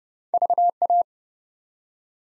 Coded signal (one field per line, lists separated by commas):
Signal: Morse code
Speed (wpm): 30 wpm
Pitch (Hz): 700 Hz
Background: none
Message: VA